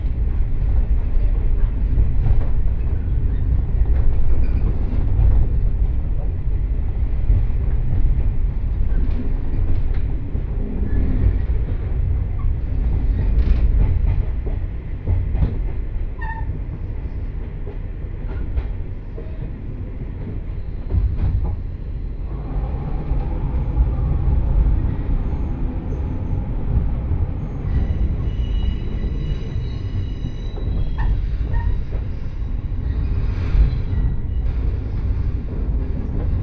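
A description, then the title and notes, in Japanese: A two-car diesel railcar runs along at an easy pace, its low engine rumble steady throughout with faint rhythmic clatter from the wheels. Around twenty seconds the drone eases and softens before building again, and a thin high whine rises near the end. 耳で楽しむ鉄道旅 城端線 油田→城端。城端線の終点城端駅は山がすぐ近くまで迫ってきており、その先には五箇山が控えているいわゆる行き止まりらしさが残る駅です。昔ながらの塗装の気動車が2両のんびりと走っていきます。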